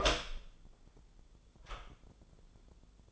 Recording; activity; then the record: daily activity, microphone in the room; open door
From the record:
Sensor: 5